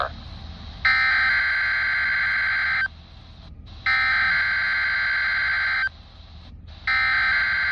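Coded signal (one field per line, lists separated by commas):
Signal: Emergency Alert System (SAME) tones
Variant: header bursts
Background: speech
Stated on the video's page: Required weekly test from a NOAA weather radio transmitter on 162.450 MHz, received about 74 miles away on a RadioShack 12-254 weather radio.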